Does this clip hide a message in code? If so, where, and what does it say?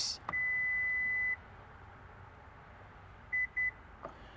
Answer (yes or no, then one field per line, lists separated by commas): no